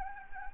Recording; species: mosquito wingbeat signal from an infrared sensor; Anopheles gambiae